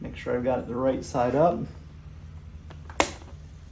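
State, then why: Seated. Someone talks while lining up a Garmin Zumo XT2 GPS unit right side up on an Aprilia Tuareg 660 motorcycle's handlebar plastic cradle mount, held by aluminum and stainless steel mounting hardware. After faint ticks near 2.7 and 2.9 seconds, the unit is pushed in and snaps into the cradle with a sharp, bright click at 3.0 seconds, seated in place.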